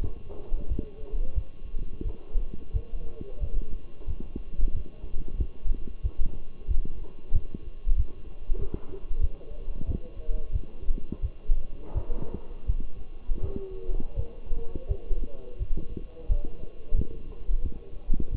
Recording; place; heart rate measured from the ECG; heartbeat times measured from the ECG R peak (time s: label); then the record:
heart sounds by stethoscope; between the tricuspid and mitral areas; 89 bpm
0.01 s: heartbeat
0.68 s: heartbeat
1.34 s: heartbeat
2.03 s: heartbeat
2.72 s: heartbeat
3.40 s: heartbeat
4.06 s: heartbeat
4.73 s: heartbeat
5.37 s: heartbeat
6.02 s: heartbeat
6.67 s: heartbeat
7.32 s: heartbeat
7.96 s: heartbeat
8.58 s: heartbeat
9.20 s: heartbeat
9.86 s: heartbeat
10.52 s: heartbeat
11.21 s: heartbeat
11.94 s: heartbeat
12.66 s: heartbeat
13.40 s: heartbeat
14.15 s: heartbeat
14.88 s: heartbeat
15.58 s: heartbeat
16.28 s: heartbeat
16.95 s: heartbeat
17.62 s: heartbeat
18.31 s: heartbeat
From the record:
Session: walking at 3.7 km/h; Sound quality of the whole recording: partially saturated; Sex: male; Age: 24 years